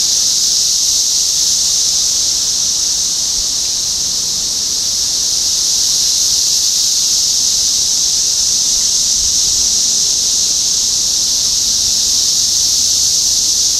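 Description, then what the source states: Cicadas keep up a ceaseless high-pitched buzzing drone, dipping slightly in loudness partway through. Cicadas recorded in Topeka, Kansas, on 14 June 2015.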